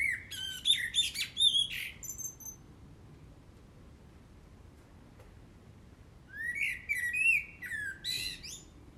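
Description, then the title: Eurasian blackbird calls: a burst of high chattering and whistled notes, a few seconds of quiet, then another similar burst. Recorded 22 December 2019 at 20:46. "Blackbird-2019-Dec-22 20-46-44"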